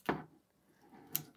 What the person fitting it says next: you hear the pop just like that